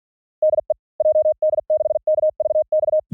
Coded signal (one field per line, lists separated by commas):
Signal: Morse code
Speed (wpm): 45 wpm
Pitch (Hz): 600 Hz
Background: none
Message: DE JD6KVX